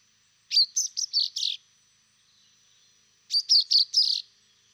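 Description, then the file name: Common chaffinch producing two rapid groups of clipped, high chirps, five then four, roughly three seconds apart, clear over a quiet background. "Fringilla coelebs"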